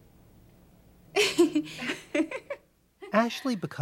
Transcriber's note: soundbite of laughter